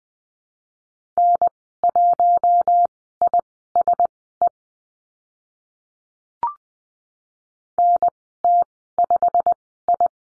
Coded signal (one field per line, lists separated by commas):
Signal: Morse code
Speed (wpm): 20 wpm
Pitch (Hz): 700 Hz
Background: none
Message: N1ISE NT5I